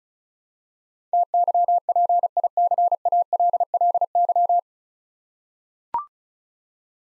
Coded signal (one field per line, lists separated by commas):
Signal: Morse code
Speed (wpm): 36 wpm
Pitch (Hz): 700 Hz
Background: none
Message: TYPICALLY